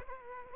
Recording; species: mosquito wingbeat signal from an infrared sensor; Aedes aegypti